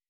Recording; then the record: hydrophone in a shrimp aquaculture tank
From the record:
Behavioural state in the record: weakened